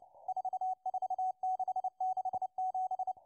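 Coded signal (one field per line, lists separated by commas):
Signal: Morse code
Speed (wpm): 29 wpm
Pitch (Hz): 750 Hz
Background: radio noise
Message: 44667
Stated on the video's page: Russian Morse number station M12 heard on 11139 kHz.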